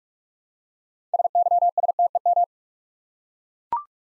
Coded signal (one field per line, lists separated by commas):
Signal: Morse code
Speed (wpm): 44 wpm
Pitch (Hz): 700 Hz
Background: none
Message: SYSTEM